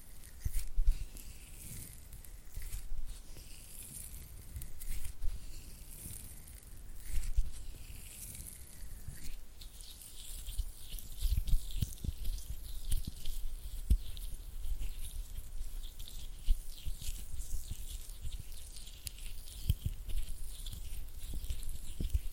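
Oily hand and flutter finger sounds: a dense, continuous patter of slick, wet little taps and smears, with bright hissy swirls that rise and fall throughout. Occasional sharper low thumps punctuate the texture, and the activity grows slightly busier in the second half.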